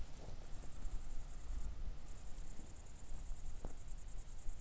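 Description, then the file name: Cricket chirping as a high, rapid pulsed trill, with louder low rumbling and a single sharp click partway through. Recorded at Nordring, Kirchmöser, Brandenburg, Germany, on 4 August 2014 at night, around 00:53. "City Country Me Brandenburg Kirchmoeser Nordring Grillen 201408040053"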